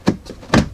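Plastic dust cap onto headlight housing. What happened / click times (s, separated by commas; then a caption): The plastic cap popped into place / 0.5 s. A round plastic dust cap is pressed back onto the rear of the headlight housing of a 2011–2021 Jeep Grand Cherokee WK2 after a headlight bulb replacement. A first tap sounds at 0.1 s, then a sharp tap at 0.5 s as the cap pops into place and seats. It is then rotated 90° to lock it.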